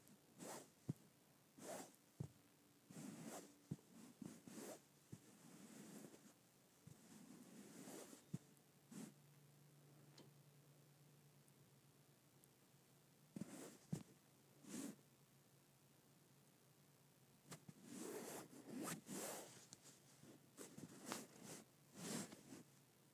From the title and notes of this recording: ASMR Smooth Carpet.